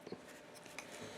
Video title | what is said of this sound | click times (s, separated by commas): Transformers War For Cybertron: Kingdom - WFC: K-9 Clyclonus | over and it'll click into place sort of it's very light click | 0.8 s